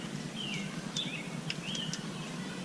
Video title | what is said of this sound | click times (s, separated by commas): Replacing An Air Suspension Compressor on an Escalade Tahoe Yukon Suburban2007 2014 | all right it clicked in so | 1.5 s